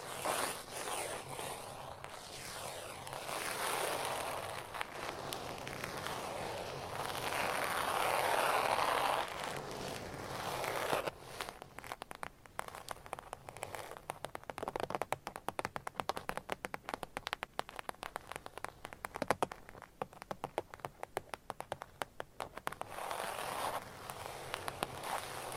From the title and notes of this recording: ASMR Tingly Gentle Tapping & Scratching. No Talking.